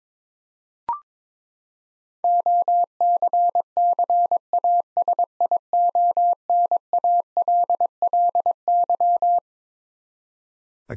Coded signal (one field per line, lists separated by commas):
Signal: Morse code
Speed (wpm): 22 wpm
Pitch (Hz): 700 Hz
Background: none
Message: OCCASIONALLY